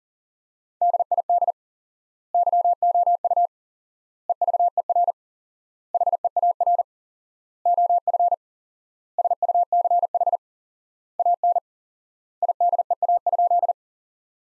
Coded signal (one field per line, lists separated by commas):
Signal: Morse code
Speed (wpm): 40 wpm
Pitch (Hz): 700 Hz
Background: none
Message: DID YOU EVER HEAR OF SUCH AN IDEA?